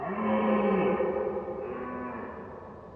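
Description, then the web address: Red deer gives a single long, low moaning roar that falls slightly and then fades. Recorded at far distance. "fvtt-sonniss-gdc-audio red-deer-far-distance-ms"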